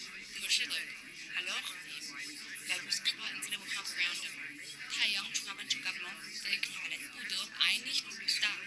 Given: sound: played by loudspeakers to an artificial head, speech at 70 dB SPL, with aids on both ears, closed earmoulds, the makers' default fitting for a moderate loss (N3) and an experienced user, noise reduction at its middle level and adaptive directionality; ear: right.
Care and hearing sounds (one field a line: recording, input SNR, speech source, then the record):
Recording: speech test signal (ISTS) in cocktail-party noise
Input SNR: -6 dB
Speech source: in front (0 degrees)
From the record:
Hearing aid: class 2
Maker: H